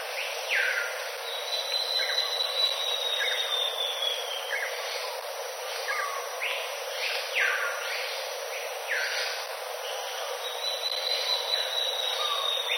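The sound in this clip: Black-bellied cuckoo calling: sharp, rising notes that come in loose bursts, mixed with long, thin, slightly falling whistles.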